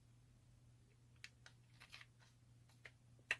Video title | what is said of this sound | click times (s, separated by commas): How to Properly Lube your Chaos Round Baitcaster - Piscifun Fishing Reel Maintenance | we go should snap right in there again no gaps should | 3.3 s